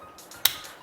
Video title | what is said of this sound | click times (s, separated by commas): The BEST MOD FOR THE MOST POWER - Spoiler Alert! It Has Some Limits | And then it locks it into place. | 0.5 s